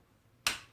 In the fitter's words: Put it back in place. As you see, it will snap in place.